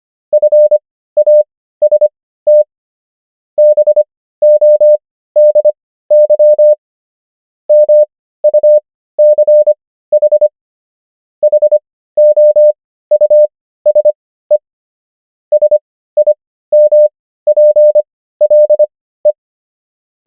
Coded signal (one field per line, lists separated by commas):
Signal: Morse code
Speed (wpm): 25 wpm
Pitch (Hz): 600 Hz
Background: none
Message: FAST BODY MUCH HOUSE SIMPLE